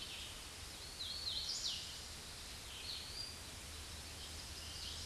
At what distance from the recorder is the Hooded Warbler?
about 30 m